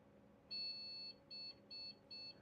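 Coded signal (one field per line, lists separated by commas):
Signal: beep code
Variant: ASUS motherboard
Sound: one long high beep followed by three short high beeps, evenly spaced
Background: low room hum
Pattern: 1 long, 3 short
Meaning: On ASUS boards, one long and three short beeps indicate no memory detected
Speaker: I want to check that beep code if it beeps again. So, this is a ASUS motherboard. Let me have a look at the beep code.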